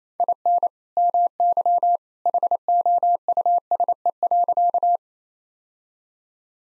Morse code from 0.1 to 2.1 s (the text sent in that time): IN MY